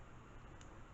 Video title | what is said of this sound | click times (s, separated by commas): Stinger 2021 for Science Olympiad Wright Stuff - Build instructions | Now this is going to fit kind of tightly into that notch. It snaps in place, if you can hear. | 0.6 s